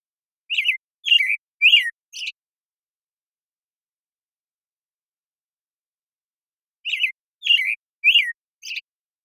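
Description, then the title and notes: American Robin song: two matching bursts of four rich, liquid phrases about six seconds apart, with silence between. Morning song in a very long sequence, from the Pacific Northwest, Washington, United States; parabolic recording processed clean for clarity with natural pacing and rhythm kept. "BIRDSong Thrushes And Allies - American Robin Morning Song. American Robin, Turdus migratorius, morning song. Recorded in the beautiful Pacific Northwest, Washington, United States"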